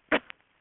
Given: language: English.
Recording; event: throat vibration sensor signal played as sound; cough